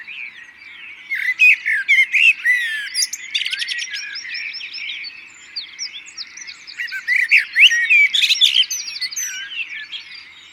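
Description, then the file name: Common blackbird, repeated squeaky call bursts around the second and eighth seconds, set against a busy chorus of other birds. "Turdus merula"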